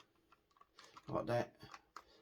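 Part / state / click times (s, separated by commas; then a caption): plastic model body tab into its chassis mount / seated / 2.0 s. A plastic tab on a model body is pushed home into its chassis mount while someone talks. There are a few faint clicks, then a sharp snap at 2.0 s as the second body tab seats.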